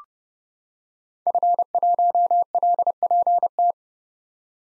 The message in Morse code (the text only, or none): F1LPT